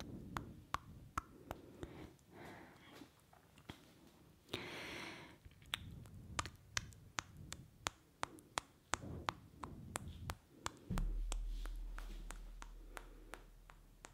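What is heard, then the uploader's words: Mouth sounds: sharp tongue clicks and tk-like taps repeat roughly every half second across the whole stretch, over soft breathing and lip noises. A breathy hiss rises around the four-to-five second mark. Near eleven seconds a low steady hum starts and continues to the end. ASMR Mouth Sounds (Kisses, Sk, Tk, Mouth Clicking, Breathing).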